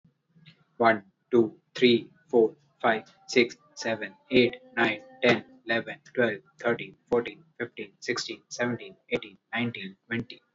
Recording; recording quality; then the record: counting at a normal pace; excellent, no background noise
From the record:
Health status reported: healthy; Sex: male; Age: 26 years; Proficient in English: yes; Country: India